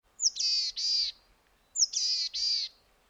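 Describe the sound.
Boreal Chickadee calls: two hoarse, buzzy phrases, each a thin high note sliding into two nasal burred notes, repeated about one and a half seconds apart.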